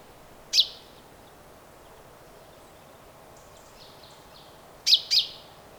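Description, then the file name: Common chaffinch giving brief bright call notes, one alone then a close pair near the end, with faint high chirps between. "Fringilla coelebs"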